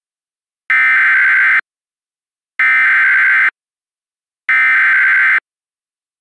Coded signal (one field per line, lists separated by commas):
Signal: Emergency Alert System (SAME) tones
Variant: header bursts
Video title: EAS Reenactment Mock: Double the unexpected severity - 07/05/2021